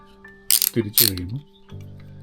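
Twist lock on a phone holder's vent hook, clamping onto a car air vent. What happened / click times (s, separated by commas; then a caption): Handled, not yet home: the vent clip's twist lock is being turned / none. A twist lock on a UGREEN car phone holder's metal air-vent hook is turned so it draws in and clamps onto a car air-vent slat, giving a series of ratchet clicks with a sharp, loud burst around 0.5 s and more clicking near 1.0 s, while someone talks and music plays. The lock is being handled but nothing has seated yet.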